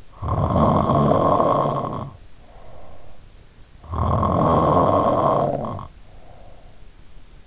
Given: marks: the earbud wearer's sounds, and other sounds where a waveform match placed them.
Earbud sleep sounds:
sounds in sleep by an in-ear microphone; snoring breath
0.00-3.37 s: snoring breath
3.94-7.02 s: snoring breath

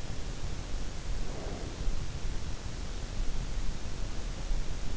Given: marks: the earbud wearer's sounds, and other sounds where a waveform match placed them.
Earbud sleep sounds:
sounds in sleep by an in-ear microphone; breath
1.02-2.21 s: breath

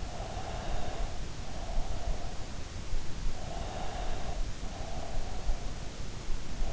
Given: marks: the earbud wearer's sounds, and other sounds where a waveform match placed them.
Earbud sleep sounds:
sounds in sleep by an in-ear microphone; breath
0.00-2.49 s: breath
3.51-5.57 s: breath

